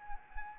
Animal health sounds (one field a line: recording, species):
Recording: mosquito wingbeat signal from an infrared sensor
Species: Anopheles arabiensis